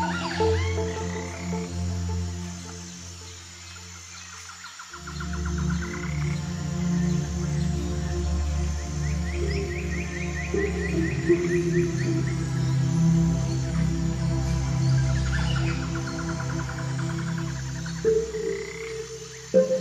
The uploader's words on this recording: Morning forest.